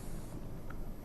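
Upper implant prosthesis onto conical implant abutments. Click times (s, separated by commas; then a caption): 0.7 s. An upper implant prosthesis, a framework with waxed teeth, is lined up and pressed onto six 4-degree tapered conical implant abutments. Over a steady broadband hiss and low rumble, one short, sharp snap sounds at 0.7 s. The denture is seated and very retentive.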